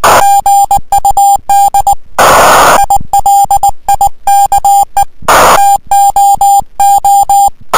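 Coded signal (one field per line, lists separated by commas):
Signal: Morse code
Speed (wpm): 19 wpm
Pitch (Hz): 800 Hz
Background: music, radio noise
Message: GUD I LIKE TOO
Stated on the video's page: CW contact on 18.093 MHz with a 599 report, worked from an amateur station in Thailand.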